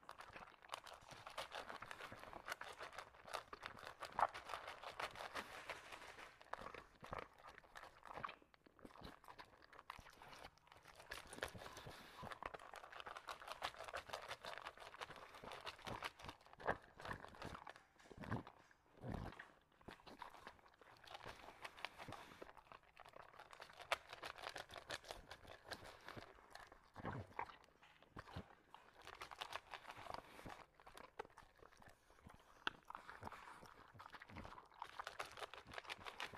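An English Bulldog crunches kibble in a dense, steady clatter of small crisp bites, broken by a few louder snorting bursts around nineteen seconds.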